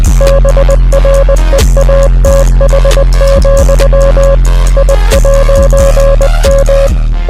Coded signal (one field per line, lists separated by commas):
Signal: Morse code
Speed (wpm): 20 wpm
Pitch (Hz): 550 Hz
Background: music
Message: BREATH, I'M